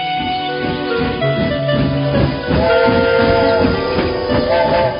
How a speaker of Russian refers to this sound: Протяжный хрипловатый гудок паровоза разбудил Савву. Колеса все еще пытались убаюкивать его мерным перестуком. «Поспи еще, поспи еще, поспи еще».